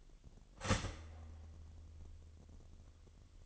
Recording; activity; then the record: daily activity, microphone in the room; start toaster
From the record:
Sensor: 4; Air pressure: 1002.9 hPa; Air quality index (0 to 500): 241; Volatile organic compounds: 18 ppm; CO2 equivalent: 2618 ppm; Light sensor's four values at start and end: 20/67/25/25 and 20/67/25/24